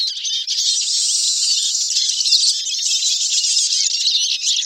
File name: suara siskin eurasia